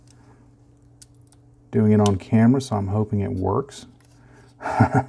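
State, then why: Not seated. A plastic model kit part is handled and lined up against the model spacecraft body just before being pushed home. Small contact ticks are heard near 0.1 s and 1.0 s, followed by someone talking. Nothing has seated or clicked yet.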